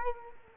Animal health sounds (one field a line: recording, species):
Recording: mosquito wingbeat signal from an infrared sensor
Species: Culex quinquefasciatus